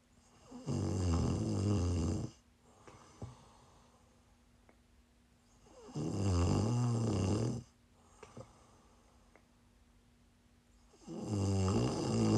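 ASMR snoring: three loud, rattling, low-pitched snores about every five seconds, with quiet breathing between them.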